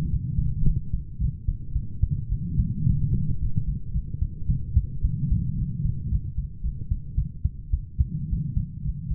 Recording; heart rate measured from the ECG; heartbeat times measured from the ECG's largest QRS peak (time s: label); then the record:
heart sounds by stethoscope; 110 bpm
0.09 s: heartbeat
0.65 s: heartbeat
1.19 s: heartbeat
1.74 s: heartbeat
2.30 s: heartbeat
2.85 s: heartbeat
3.39 s: heartbeat
3.93 s: heartbeat
4.47 s: heartbeat
5.03 s: heartbeat
5.57 s: heartbeat
6.10 s: heartbeat
6.63 s: heartbeat
7.16 s: heartbeat
7.72 s: heartbeat
8.29 s: heartbeat
8.84 s: heartbeat
From the record:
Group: healthy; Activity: light exercise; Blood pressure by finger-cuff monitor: 137/78 mmHg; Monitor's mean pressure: 95 mmHg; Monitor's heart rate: 109 bpm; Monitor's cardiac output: 8.8 L/min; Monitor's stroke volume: 81 mL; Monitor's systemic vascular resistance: 800 dyn s/cm5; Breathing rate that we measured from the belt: 22 breaths a minute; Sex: female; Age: 22 years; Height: 160 cm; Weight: 63 kg